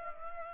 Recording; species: mosquito wingbeat signal from an infrared sensor; Culex pipiens